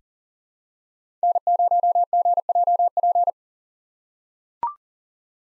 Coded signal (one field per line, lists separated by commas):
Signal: Morse code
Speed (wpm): 40 wpm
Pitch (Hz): 700 Hz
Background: none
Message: N0GJP